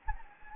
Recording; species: mosquito wingbeat signal from an infrared sensor; Anopheles gambiae